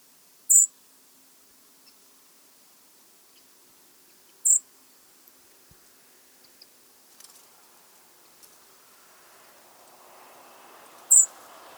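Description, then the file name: European robin uttering three high, thin, piercing notes at uneven intervals, with faint clicks and a low hiss swelling toward the end. "Erithacus rubecula"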